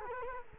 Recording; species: mosquito wingbeat signal from an infrared sensor; Culex quinquefasciatus